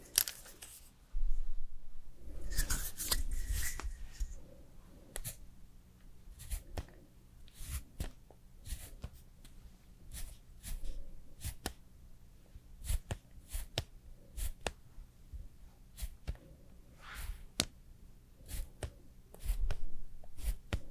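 Makeup and hair styling: a steady run of short, crisp clicks, snips and taps recurs every second or so across the whole stretch. A denser rustling burst comes near the start, and a faint low hum sits underneath throughout.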